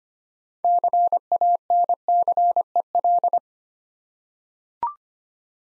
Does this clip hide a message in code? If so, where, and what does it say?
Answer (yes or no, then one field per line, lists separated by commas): yes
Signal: Morse code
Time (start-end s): 0.6-3.4 s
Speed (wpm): 25 wpm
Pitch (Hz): 700 Hz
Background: none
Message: CANCEL